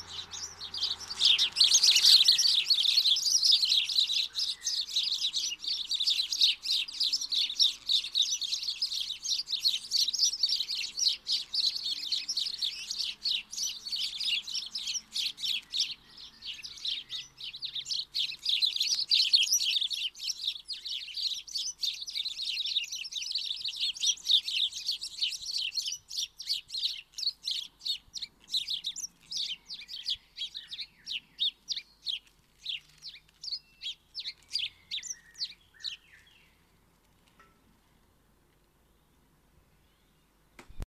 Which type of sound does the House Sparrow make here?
song